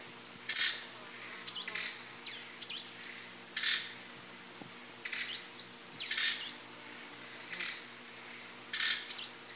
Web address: Natures Songs S America Eastern Lowlands Dacnis cayana, calls and song group